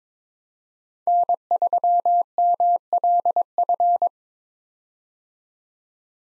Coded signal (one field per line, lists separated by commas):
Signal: Morse code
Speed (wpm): 22 wpm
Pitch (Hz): 700 Hz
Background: none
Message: N3MLF